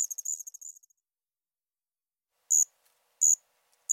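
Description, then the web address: Allard's ground cricket chirping: a fading stuttered trill at the start, then after a pause three short, sharp high chirps spaced under a second apart. "Crickets and Katydids. Allard's Ground Cricket, Allonemobius allardi"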